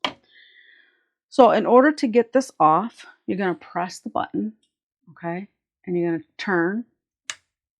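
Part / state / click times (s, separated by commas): shaft lock pin engaging the spindle of a handheld rotary tool / seated / 7.3 s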